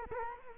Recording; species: mosquito wingbeat signal from an infrared sensor; Culex quinquefasciatus